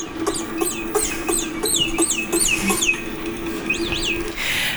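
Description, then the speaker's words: Naked mole-rat aggressive exchange: a rapid series of high arched chirps with sharp clicks and a steady low hum that stops shortly before the end, ending in a noisy burst. Aggressive vocal exchange between two worker naked mole-rats. "on the bottom here, you'll hear a more aggressive exchange between two workers."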